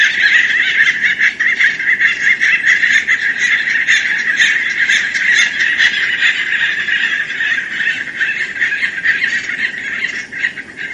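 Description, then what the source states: Acorn woodpeckers calling as a group, a dense continuous chorus of raucous, chattering notes overlapping throughout with no pauses. Colony calling; a social species that stores food in granary trees.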